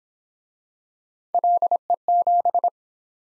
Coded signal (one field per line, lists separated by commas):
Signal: Morse code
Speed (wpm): 27 wpm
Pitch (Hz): 700 Hz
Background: none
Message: LE7